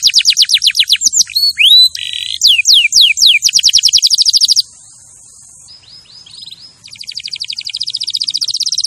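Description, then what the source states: Canary song of fast high trills and sweeping notes, broken by a quieter stretch with a flat steady tone before another rapid trill begins. Champion canary song used as a master recording for training other birds.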